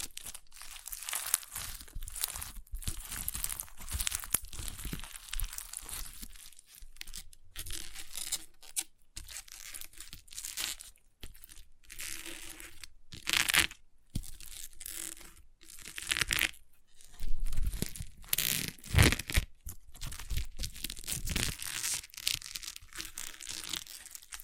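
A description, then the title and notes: Crunchy slime being squeezed and worked, giving dense, crackly bursts of sharp crinkling and popping that come in rapid clusters. The crackle is bright and irregular, broken by short silent gaps, with louder crunches around the middle and near the end. ASMR Satisfying Crunchy Slime (No Talking).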